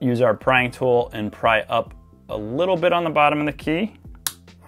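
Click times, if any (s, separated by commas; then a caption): 4.3 s. Someone talks while a plastic keycap on an Apple Magic Keyboard with Touch ID is pried up at its bottom edge with a small flathead tool, with the top held down. A sharp click at 4.3 s marks the keycap unhooking from the clips of the scissor key switch, releasing it.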